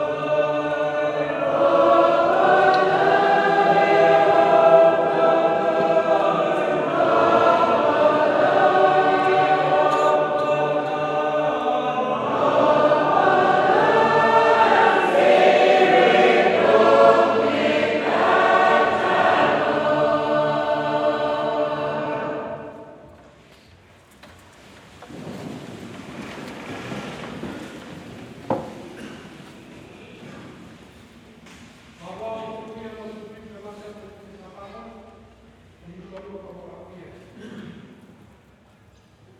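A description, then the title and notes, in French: Several voices sing in dense, overlapping harmony that rings through the temple for about twenty-two seconds, then cut off, leaving quieter echoing murmurs and brief phrases. Mariage à Neccé, île de Maré. Polyphonies des voix résonnant dans le temple, à en donner des frissons.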